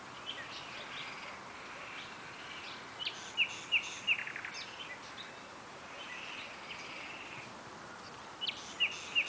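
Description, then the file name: Common nightingale giving sharp, repeated high notes in two short bursts of three, over steady background noise. "Luscinia megarhynchos"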